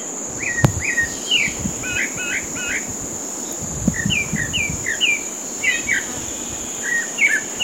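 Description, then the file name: Pale-breasted thrush song: short slurred whistled notes in loose phrases, some rising then falling, over a steady high insect drone and a few faint knocks. Recorded at a golf course in Comandatuba, Bahia, Brazil, on 30 January 2013. "Turdus-leucomelas-golfe-IComandatuba BA-BR-30-1-13-ASilveira"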